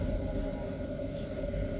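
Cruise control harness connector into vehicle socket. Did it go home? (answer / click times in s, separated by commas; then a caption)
no / none. The cruise control wiring connector for an Innova Reborn Diesel Type V is held with its pin side on top and lined up with the car's socket, ready to be pushed in. Only a steady low rumble is heard, with no sharp sounds. Nothing has seated or clicked yet.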